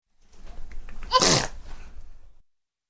Baby Sneeze.